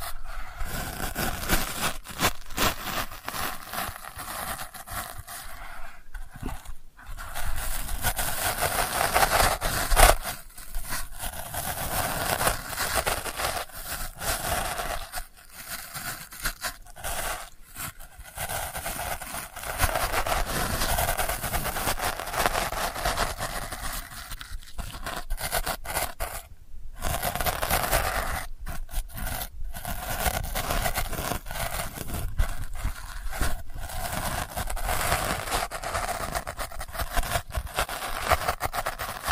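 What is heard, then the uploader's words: Delicate scratching runs almost continuously, a dry, bright rasp broken by brief near-silent gaps, most noticeably around 6–7, 15, 25 and 27 seconds. The strokes are dense and irregular, hissy with little low rumble, and a slightly louder burst comes near 10 seconds. ASMR Delicate Scratching for Sleep (No Talking).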